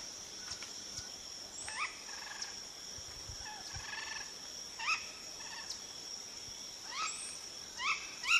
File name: canto do guaruba